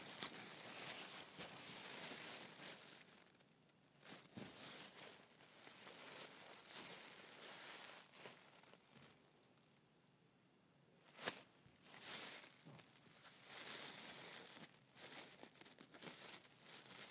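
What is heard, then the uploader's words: Tissue paper and gift wrap crinkle and rustle in uneven bursts, with a quieter stretch midway and one sharp crackle around eleven seconds. ASMR Gift Wrapping and Tissue Paper.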